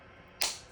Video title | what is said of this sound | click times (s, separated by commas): Battery Replacement Nissan Key Contactless | There we are, just wait for it to click, and that's all secure. | 0.4 s